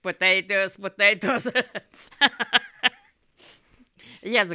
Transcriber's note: she laughs